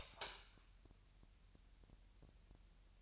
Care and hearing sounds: daily activity, microphone in the room; light on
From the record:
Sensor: 2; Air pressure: 1001.8 hPa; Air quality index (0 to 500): 240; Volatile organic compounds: 31 ppm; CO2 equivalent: 2972 ppm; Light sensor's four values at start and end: 4/10/4/4 and 9/26/10/10

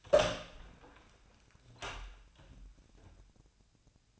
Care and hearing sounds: daily activity, microphone in the room; open door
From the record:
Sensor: 2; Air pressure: 1009.1 hPa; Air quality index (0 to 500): 174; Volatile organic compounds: 2 ppm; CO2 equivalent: 1270 ppm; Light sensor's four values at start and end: 34/89/38/41 and 34/90/38/41

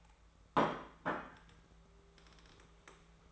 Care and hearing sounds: daily activity, microphone in the room; place plate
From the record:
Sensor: 3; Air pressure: 1015.0 hPa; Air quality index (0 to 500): 207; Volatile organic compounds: 33 ppm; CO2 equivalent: 3022 ppm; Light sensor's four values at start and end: 11/27/11/12 and 11/27/11/12

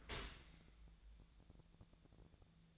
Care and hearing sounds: daily activity, microphone in the room; open dishwasher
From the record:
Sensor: 3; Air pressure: 1000.5 hPa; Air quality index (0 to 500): 173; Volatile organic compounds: 3 ppm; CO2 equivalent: 1501 ppm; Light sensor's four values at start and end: 13/35/14/15 and 13/35/14/15

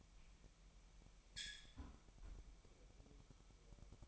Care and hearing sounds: daily activity, microphone in the room; close fridge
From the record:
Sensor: 1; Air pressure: 1002.0 hPa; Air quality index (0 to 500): 245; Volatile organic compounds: 50 ppm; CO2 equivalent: 3302 ppm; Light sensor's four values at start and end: 8/28/10/11 and 8/28/10/11

